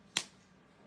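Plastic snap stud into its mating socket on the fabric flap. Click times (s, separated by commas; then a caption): 0.2 s. A plastic snap stud is pushed into its mating socket on the fabric flap of a finished fabric car trash can. A single sharp, bright click at 0.2 s shows that the snap has seated closed, followed by a short fading tail and then quiet.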